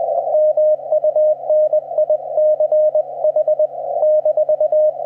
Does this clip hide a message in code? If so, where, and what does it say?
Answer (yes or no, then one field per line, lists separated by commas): yes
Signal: Morse code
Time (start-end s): 0.3-4.9 s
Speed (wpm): 20 wpm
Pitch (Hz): 610 Hz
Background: none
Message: MUNICH -